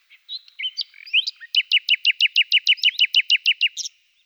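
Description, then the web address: Common nightingale song with a few introductory whistles followed by a fast, even series of about fifteen loud, clipped repeated notes. Several nightingales. "A természet hangjai - Fülemülék"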